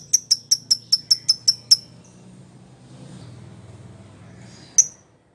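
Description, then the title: Lovebird chirping: several sharp, high chirps in a quick even run, then a pause and one more shrill chirp near the end, with a faint low hum beneath. Prompt recording (pancingan) meant to get a lovebird to respond (nyaut) and sing actively (gacor). "Pancingan Lovebird Agar Nyaut GACOR."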